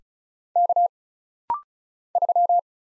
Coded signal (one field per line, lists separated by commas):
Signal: Morse code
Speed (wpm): 36 wpm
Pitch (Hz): 700 Hz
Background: none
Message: K 3